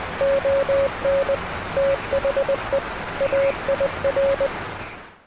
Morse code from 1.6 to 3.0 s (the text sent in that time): THE